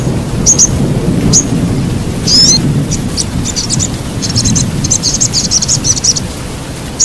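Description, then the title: Sogok ontong song of sharp high chirps and an upslurred note, then fast buzzy high trills in clustered bursts, over loud continuous rain-like noise. Masteran training recording for songbirds; labaik song style. "Masteran Burung Sogok Ontong Labaik"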